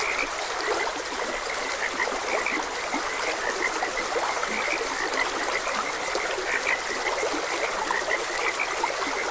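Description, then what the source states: Frog croaks, short bright notes spread evenly throughout, mixed with the steady rush and trickle of water. Frogs croaking beside a gentle stream in a continuous ambient nature soundscape.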